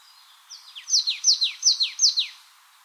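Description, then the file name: Marsh tit call series of about ten bright, high notes, each sliding steeply downward, delivered rapidly in one burst. "Poecile palustris"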